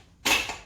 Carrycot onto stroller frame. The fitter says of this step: So just push this down and it locks itself once you hear the click sound.